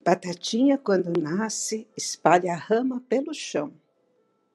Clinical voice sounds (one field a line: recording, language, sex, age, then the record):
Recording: short text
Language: Brazilian Portuguese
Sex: female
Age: 70 to 79 years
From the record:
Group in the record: control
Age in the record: 70 years